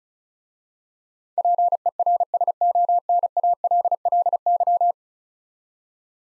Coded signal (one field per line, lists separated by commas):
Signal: Morse code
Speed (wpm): 36 wpm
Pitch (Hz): 700 Hz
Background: none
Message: PERSONALLY